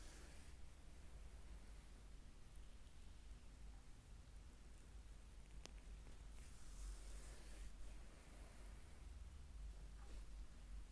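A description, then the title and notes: A foot massage: a steady, dense hiss with a heavy low rumble running underneath throughout. Brighter rubbing swells rise around the middle and again near the end, and a single sharp click lands at about five and a half seconds. ASMR relaxing foot massage.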